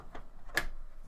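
A graphics card is pushed into a PCIe slot on an old motherboard until the slot's retention latch clicks at 0.6 s, after a fainter tick near 0.2 s. The click is short and fairly quiet, since the old motherboard doesn't click loudly. The card is seated in the slot.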